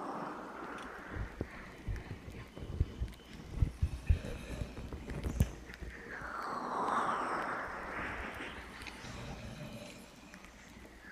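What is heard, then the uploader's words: Irregular taps and clicks come in clusters over the first five seconds, with a few sharp louder knocks. After that a soft rushing swell rises and sweeps in pitch, like hands cupping over the ear, then fades. A low steady hum runs underneath throughout. NO TALKING OR WHISPERING.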